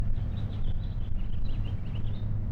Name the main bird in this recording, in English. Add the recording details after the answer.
House Finch. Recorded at Lynbrook on Long Island, New York, on 17 June 1975. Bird C